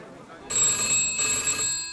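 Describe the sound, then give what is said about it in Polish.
A telephone bell starts ringing abruptly after a brief silence in the editorial office of the Głos Wybrzeża newspaper, a bright, shrill metallic trill that keeps going steadily and loudly to the end. “telefon do ciebie.”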